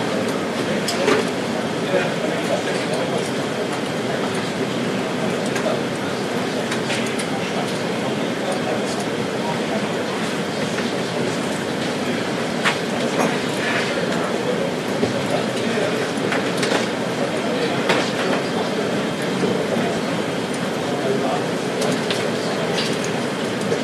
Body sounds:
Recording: background sound without coughing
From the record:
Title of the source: Office Sounds Ambience - Background Noise for Study and Work

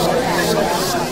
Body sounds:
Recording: background sound without coughing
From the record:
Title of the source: Nightlife Party Simulating Party Club Noise 1 Hour

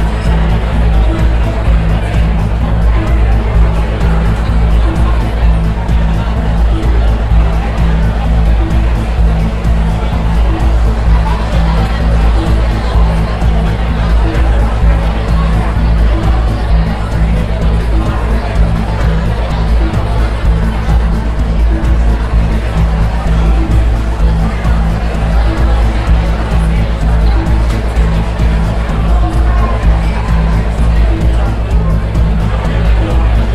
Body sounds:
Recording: background sound without coughing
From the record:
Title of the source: Party Noise 1 Hour Party Ambience

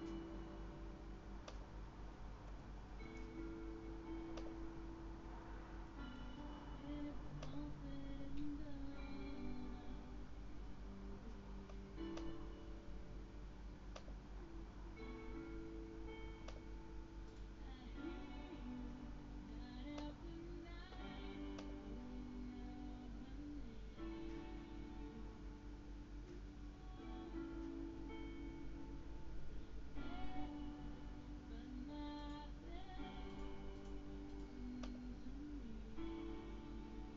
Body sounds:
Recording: background sound without coughing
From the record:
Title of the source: BackgroundMusic3

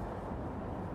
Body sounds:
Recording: background sound without coughing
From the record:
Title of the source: Train Ride Ambience ambient white noise for sleeping, focus, studying, reading

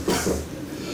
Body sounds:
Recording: coughing mixed with background sound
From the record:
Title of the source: Residual Phlegmy Morning Coughing and Gagging

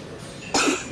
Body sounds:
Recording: coughing mixed with background sound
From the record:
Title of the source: 64 coughing, allergies, singing lungs

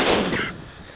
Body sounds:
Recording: coughing mixed with background sound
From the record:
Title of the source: 30 Chesty and wet cough

